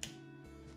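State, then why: Released. The small switch on a Rollei 35SE compact 35mm film camera is slid to unlatch the body's back cover latch, giving one sharp snap at 0.0 s over a steady low tonal hum. The latch clicks open and the back is released.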